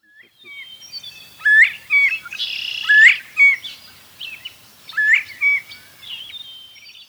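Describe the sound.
Northern bobwhite whistling sharply rising two-part notes, repeated three times about every one and a half to two seconds, with other chirping birds and a brief burst of noise between.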